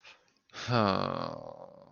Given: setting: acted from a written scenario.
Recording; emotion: vocal sound without words; guilt